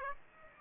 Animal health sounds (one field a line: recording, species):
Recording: mosquito wingbeat signal from an infrared sensor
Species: Aedes aegypti